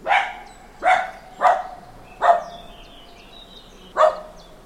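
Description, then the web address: Dog barking, five sharp barks at uneven intervals. Dog barking in a small farmyard with a traffic-free background. "Hollywood Edge Historical Series Traffic Free BG's Small Farmyard Dog Barking"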